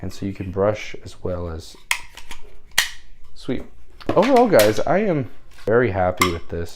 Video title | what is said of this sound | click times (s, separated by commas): IMINSO Handheld Vacuum Review: Is it Worth the Hype? | and then this is a brush that folds out and clicks into place | 2.8 s